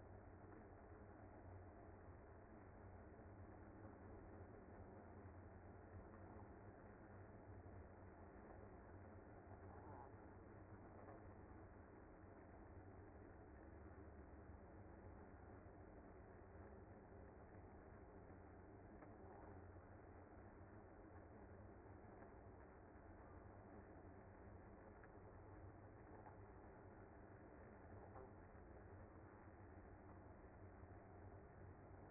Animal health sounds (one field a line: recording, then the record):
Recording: honeybee colony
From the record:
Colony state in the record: active